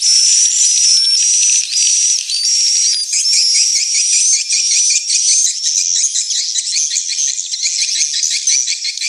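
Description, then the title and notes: Swiftlets twittering in a dense, continuous chorus of high chirps and thin whistled notes, with rapid buzzy trills running throughout and no low sounds at all. Swiftlet house lure sound, Tien Giang, Vietnam. "Am thanh nha yen Akau Vietnam - Tien giang. Những âm thanh chim yến thuộc thương hiệu AKAU"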